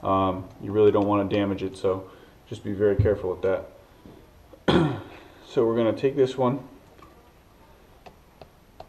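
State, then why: Seated. A solid shifter bushing from a TFE Fabrication SRT4 shifter bushing kit is slid gently over its mount on the shifter cable linkage while someone talks. After the speech fades, a few faint sharp ticks follow, and the bushing clicks into place and seats at 8.8 s.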